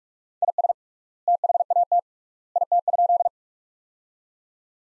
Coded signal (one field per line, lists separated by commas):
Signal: Morse code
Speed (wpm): 47 wpm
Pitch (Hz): 700 Hz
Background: none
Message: IS THAT IT?